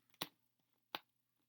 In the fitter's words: nice little click